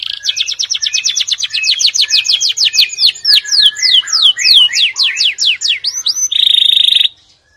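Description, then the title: Atlantic canary delivering a long fast series of sharp repeated whistled notes, changing pattern midway, ending in a buzzy rattle and sudden stop. "Kenari"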